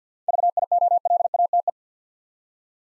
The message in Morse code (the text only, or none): VIOLATE